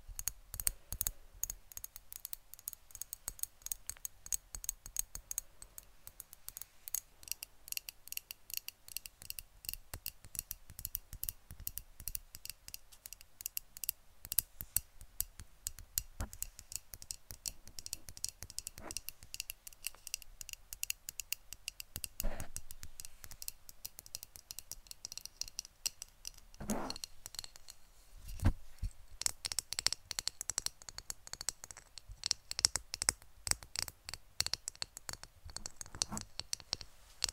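Rapid, crisp tapping runs through the whole clip in a dense, fairly even stream of sharp, bright clicks. A few heavier taps with a dull low thump stand out around 22, 27 and 29 seconds.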